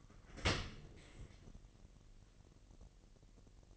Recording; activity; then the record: daily activity, microphone in the room; open dishwasher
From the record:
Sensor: 4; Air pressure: 1001.3 hPa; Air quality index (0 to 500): 249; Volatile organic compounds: 45 ppm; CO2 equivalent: 3229 ppm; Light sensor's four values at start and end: 8/18/7/6 and 7/16/6/6